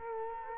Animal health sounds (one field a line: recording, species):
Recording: mosquito wingbeat signal from an infrared sensor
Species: Culex quinquefasciatus